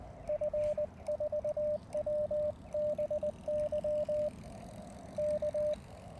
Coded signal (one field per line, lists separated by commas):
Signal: Morse code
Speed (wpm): 20 wpm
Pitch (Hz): 600 Hz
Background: radio noise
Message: F4WBY K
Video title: A Simple Short Vertical HF Antenna.